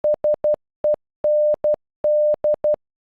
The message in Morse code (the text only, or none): SEND